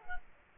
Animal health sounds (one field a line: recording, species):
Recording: mosquito wingbeat signal from an infrared sensor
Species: Culex quinquefasciatus